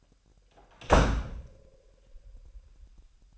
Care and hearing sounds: daily activity, microphone in the room; close door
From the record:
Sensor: 2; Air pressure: 998.2 hPa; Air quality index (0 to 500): 138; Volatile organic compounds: 4 ppm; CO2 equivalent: 1564 ppm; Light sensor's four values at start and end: 12/35/14/14 and 12/35/14/14

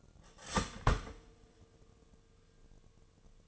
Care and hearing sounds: daily activity, microphone in the room; start toaster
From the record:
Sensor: 4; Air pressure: 1001.1 hPa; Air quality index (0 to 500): 152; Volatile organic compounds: 2 ppm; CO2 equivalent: 1116 ppm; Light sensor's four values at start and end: 19/43/18/19 and 19/45/19/20

